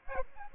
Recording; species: mosquito wingbeat signal from an infrared sensor; Aedes albopictus